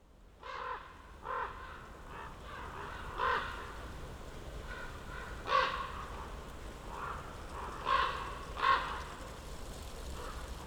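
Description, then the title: Common raven calls, loud guttural croaks spaced irregularly, some louder and some fainter. Ravens circling for over ten minutes above a mountain slope, heard from among young beeches, Patnik, Goworów, Poland, New Year's walk; recorded with Zoom F4, AT BP4025. "Patnik mountain side, Goworów, Poland - Circling ravens"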